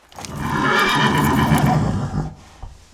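Horse whinnying: one long, shaky, rough neigh lasting about two seconds, then fading out, followed by a few faint clicks.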